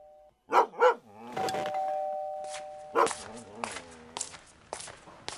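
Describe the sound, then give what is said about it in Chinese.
A family's pet dog gives two quick, sharp barks, then a doorbell chimes with a sustained ringing tone. Another single bark follows amid shuffling, clattering noises. “哎呦，哥，这是你家的狗呀，长得真好看。”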